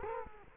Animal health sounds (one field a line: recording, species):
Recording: mosquito wingbeat signal from an infrared sensor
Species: Culex quinquefasciatus